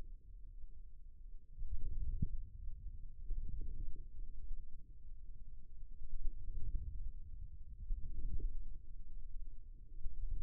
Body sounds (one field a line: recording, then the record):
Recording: forearm muscle sounds (acoustic myography)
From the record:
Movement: inward rotation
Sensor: system 2, bracelet of six BSWA MPA416 microphones around the upper forearm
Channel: 3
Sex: male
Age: 22 years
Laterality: right